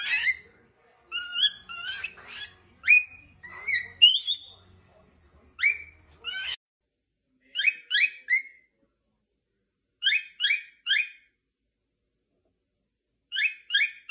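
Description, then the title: Cockatiel gives varied chirps and short whistles, then clusters of bright, ringing notes repeated after pauses, in otherwise quiet surroundings. More than one cockatiel, singing and whistling. "Calopsitas Cantando Assobio"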